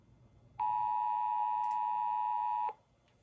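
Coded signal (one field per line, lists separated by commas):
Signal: Emergency Alert System (SAME) tones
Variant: 853 and 960 Hz attention tone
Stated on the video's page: 911 telephone outage emergency alert for Forest, Pennsylvania.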